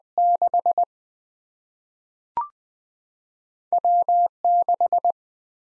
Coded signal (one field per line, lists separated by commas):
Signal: Morse code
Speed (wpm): 20 wpm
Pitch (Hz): 700 Hz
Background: none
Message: 6 W6